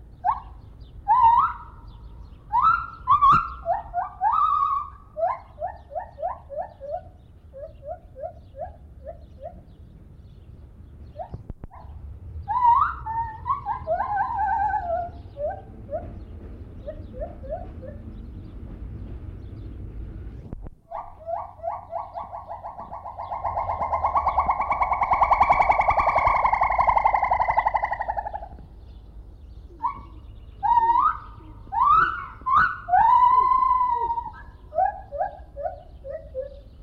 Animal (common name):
Lar Gibbon